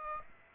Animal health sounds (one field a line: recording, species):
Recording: mosquito wingbeat signal from an infrared sensor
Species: Aedes aegypti